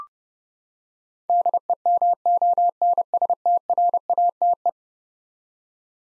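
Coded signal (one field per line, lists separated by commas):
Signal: Morse code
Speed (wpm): 31 wpm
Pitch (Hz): 700 Hz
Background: none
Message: DEMONSTRATE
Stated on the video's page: Eleven-letter words sent at 30 wpm for head-copy practice, each word sent twice.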